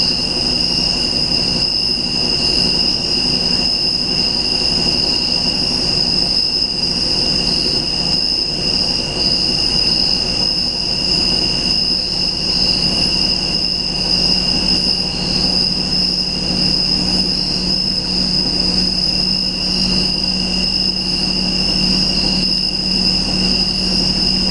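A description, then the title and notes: Crickets at night keep up a steady, unbroken high trill, with a constant low rumbling hum underneath that never fades or changes. The sound of Crickets at night time.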